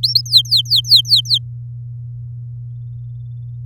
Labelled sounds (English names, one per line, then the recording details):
Domestic Canary song
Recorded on 8 May 2018 at 14:29
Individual llb16